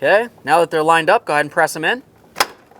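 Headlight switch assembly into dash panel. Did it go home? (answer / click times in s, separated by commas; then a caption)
yes / 2.4 s. Someone talks, then a plastic headlight switch assembly on a 2000-2005 Buick LeSabre, with its locking tabs lined up with their slots, is pressed into the dash panel. A single sharp click sounds at 2.4 s as the locking tabs snap in and the switch seats securely.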